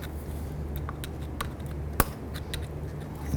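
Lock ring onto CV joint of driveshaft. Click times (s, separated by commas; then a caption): 2.0 s. A steel lock ring is pressed onto the new rearward CV joint of a front driveshaft on a 2002–2007 Jeep Liberty, with a low steady hum underneath and a few small ticks, including a lighter click at 1.4 s. A single sharp metallic snap at 2.0 s marks the lock ring seating into its groove.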